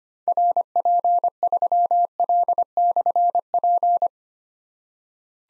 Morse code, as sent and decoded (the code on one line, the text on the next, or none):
.-. .--. ...-- .-.. -..-. .--.
RP3L/P